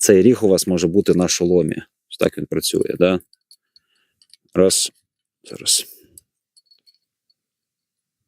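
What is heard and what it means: A PVS-14 night vision monocular is handled against its helmet mount arm as someone talks, with a few faint, short handling ticks between about 3.5 and 4.3 seconds. Nothing has clicked or seated onto the helmet mount yet.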